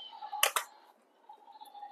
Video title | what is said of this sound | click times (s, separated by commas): #fullscreenstatus #UnBoxing #TheGhost #StarWars #Rebels #ActionFigure #Review #toys | lock into place like so | 0.4 s, 0.6 s